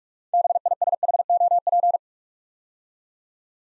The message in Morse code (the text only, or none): BISHOP